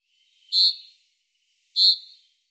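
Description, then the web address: Common chaffinch calls: two slightly drawn-out, high, clear notes about a second apart, each fading quickly, with nothing else audible. "Deverinetal 2025 File cleaned normalized Bird Fr Co"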